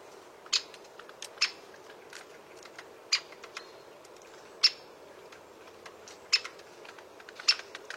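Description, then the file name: Great spotted woodpecker with repeated sharp kik calls every second or two, irregular in spacing, plus softer clicks over a hissing background. "Canto do pica pau malhado grande"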